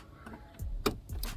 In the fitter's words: That's it. Put a little click. That was it.